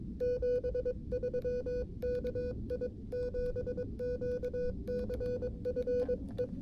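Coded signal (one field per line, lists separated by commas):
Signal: Morse code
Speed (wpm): 22 wpm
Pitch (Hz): 500 Hz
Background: music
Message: 73 KI7QCF E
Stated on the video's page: Portable activation using a QRP Labs QMX rig with a kit key, Just Ok Mini antenna and 9V batteries, heard through a speaker.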